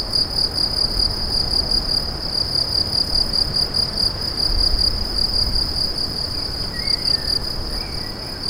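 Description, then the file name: Cricket chirping in a continuous rapid high-pitched pulsing, with a low rumble of background noise and a brief faint sound near the end. "grillons"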